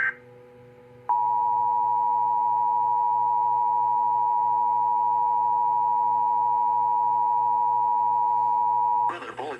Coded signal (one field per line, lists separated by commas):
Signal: Emergency Alert System (SAME) tones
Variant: 853 and 960 Hz attention tone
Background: speech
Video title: EAS 7957-7972 EAS Alerts from 5/15/2025-5/17/2025 Pt. 3/3